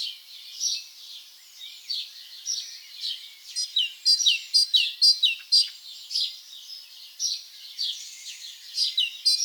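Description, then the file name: Great tit song: high, sharp repeated notes that grow louder and more rhythmic in the middle, with softer calls between phrases. "Parus major"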